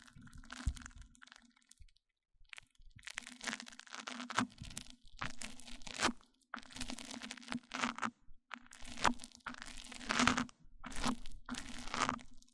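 Mic-on-mic triggers: bursts of crunchy, crackling scratching come in uneven clusters, each lasting a second or so, with brief silent gaps between them. A steady low hum sits underneath whenever the rubbing happens, and the bursts grow denser and louder after about three seconds.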